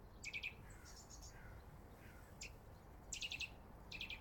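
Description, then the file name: Eurasian nuthatch calls: short sharp notes, singly and in quick bursts, repeated several times over a few seconds against a steady low hiss. "Sitta europaea"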